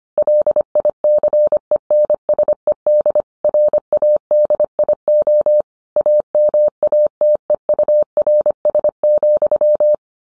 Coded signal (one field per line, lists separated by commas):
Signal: Morse code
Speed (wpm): 25 wpm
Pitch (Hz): 600 Hz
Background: none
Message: LICENSED RADIO AMATEURS,